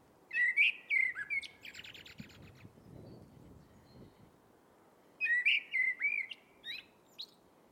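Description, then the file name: Eurasian blackbird song: two phrases, each starting with low fluty warbled notes and ending in a high squeaky twitter, separated by a quiet pause with faint background rumble. "Turdus merula"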